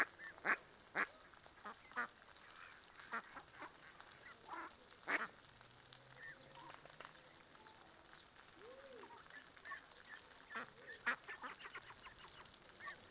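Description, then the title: Mallards giving scattered, irregular quacks, several birds calling over a steady background hiss of flowing water. Sunday afternoon at a small river in a park, Griñón, Madrid, Spain; adults, young and ducklings with mothers; excited when fed, young begging for food; Zoom H1n recorder. "Paseo de la Senda, 34, 28971 Griñón, Madrid, España - Tarde en el parque del río con patos. patos griñon"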